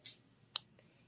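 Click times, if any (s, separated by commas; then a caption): 0.6 s. The tongue of a turquoise bracelet's box clasp is inserted into the other side of the bracelet. After a soft rustle near the start, it snaps home with a sharp click at 0.6 s, followed by a faint tick just after. The clasp is seated and won't come undone.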